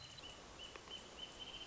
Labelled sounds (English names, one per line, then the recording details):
Wrentit
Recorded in Sonoma County, California